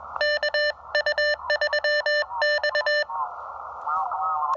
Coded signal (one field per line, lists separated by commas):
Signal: Morse code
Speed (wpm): 21 wpm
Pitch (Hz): 1800 Hz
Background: none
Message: KU3X